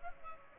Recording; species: mosquito wingbeat signal from an infrared sensor; Culex pipiens